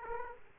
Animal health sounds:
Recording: mosquito wingbeat signal from an infrared sensor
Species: Aedes aegypti

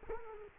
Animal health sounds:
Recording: mosquito wingbeat signal from an infrared sensor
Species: Culex quinquefasciatus

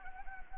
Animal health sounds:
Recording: mosquito wingbeat signal from an infrared sensor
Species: Anopheles gambiae

